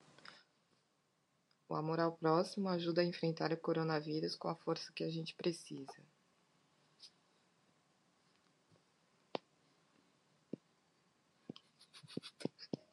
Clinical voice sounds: spoken sentence; Brazilian Portuguese; female; 40 to 49 years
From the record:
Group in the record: control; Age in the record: 44 years

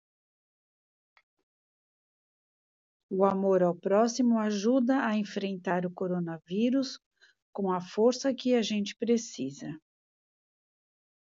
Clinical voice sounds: spoken sentence; Brazilian Portuguese; female; 60 to 69 years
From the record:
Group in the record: control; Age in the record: 63 years

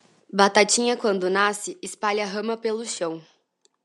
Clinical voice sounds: short text; Brazilian Portuguese; female; 20 to 29 years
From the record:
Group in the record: control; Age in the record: 23 years

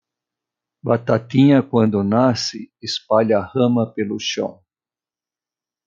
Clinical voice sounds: short text; Brazilian Portuguese; male; 60 to 69 years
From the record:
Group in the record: control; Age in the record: 65 years

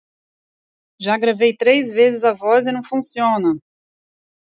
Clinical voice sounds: short text; Brazilian Portuguese; female; 40 to 49 years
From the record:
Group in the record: control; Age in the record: 42 years

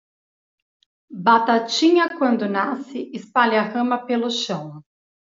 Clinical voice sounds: short text; Brazilian Portuguese; female; 40 to 49 years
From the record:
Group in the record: control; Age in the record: 42 years

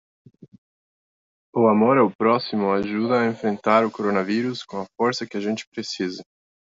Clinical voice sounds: spoken sentence; Brazilian Portuguese; male; 30 to 39 years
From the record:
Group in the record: control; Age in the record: 33 years

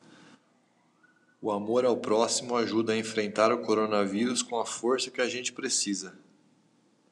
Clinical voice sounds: spoken sentence; Brazilian Portuguese; male; 30 to 39 years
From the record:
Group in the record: control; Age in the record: 30 years

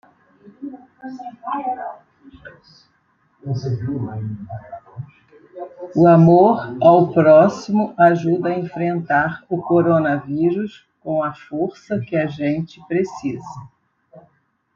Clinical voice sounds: spoken sentence; Brazilian Portuguese; female; 70 to 79 years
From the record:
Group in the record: control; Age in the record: 70 years

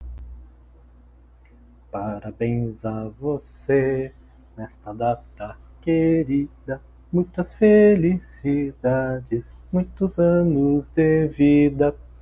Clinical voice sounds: short text; Brazilian Portuguese; male; 40 to 49 years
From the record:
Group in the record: control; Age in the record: 40 years

